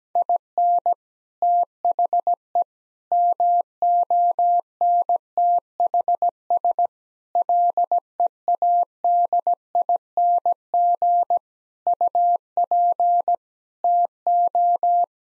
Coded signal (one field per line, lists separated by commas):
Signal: Morse code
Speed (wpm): 17 wpm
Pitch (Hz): 700 Hz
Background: none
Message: IN THE MONTHS LEADING UP TO